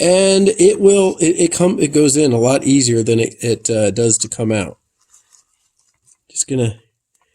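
A rubber piston seal is being pressed into the groove of a Mustang Cobra brake caliper bore. Someone talks for the first few seconds, then a few faint soft handling ticks follow around 5 to 6 seconds, with another short burst of talk near the end. Nothing has seated or clicked yet; the clip ends before the seal snaps home.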